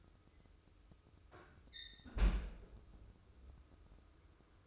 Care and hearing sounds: daily activity, microphone in the room; close fridge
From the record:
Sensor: 2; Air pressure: 995.1 hPa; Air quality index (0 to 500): 67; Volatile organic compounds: 2 ppm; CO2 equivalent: 1149 ppm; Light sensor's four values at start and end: 18/57/22/22 and 18/57/22/22

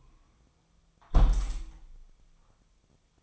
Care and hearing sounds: daily activity, microphone in the room; close window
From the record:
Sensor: 1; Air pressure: 1004.7 hPa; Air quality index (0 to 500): 118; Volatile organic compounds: 4 ppm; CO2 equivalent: 1642 ppm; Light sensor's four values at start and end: 8/21/8/9 and 8/21/8/9

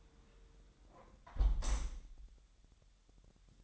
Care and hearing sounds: daily activity, microphone in the room; close window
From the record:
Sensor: 3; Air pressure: 999.9 hPa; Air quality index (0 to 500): 227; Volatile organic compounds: 99 ppm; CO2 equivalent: 3745 ppm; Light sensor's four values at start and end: 10/23/9/9 and 9/22/9/9

